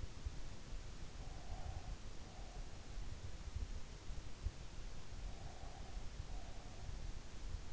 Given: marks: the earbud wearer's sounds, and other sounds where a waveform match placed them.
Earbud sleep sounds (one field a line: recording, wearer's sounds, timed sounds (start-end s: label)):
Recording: sounds in sleep by an in-ear microphone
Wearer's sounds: breath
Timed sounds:
1.42-3.16 s: breath
5.33-6.99 s: breath